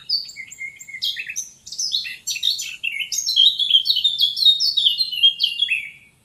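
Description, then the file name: Eurasian blackcap singing a continuous, fast warble that starts scratchy and turns into louder, clear fluty notes. "Sylvia atricapilla"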